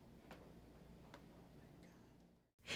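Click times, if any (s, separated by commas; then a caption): 0.3 s, 1.1 s. An electrical outlet device is pressed into its metal mounting frame, giving sharp snaps at 0.3 s and 1.1 s over a low steady background. The device seats in the frame, and the clip ends with a brief drop to silence followed by a louder broadband burst.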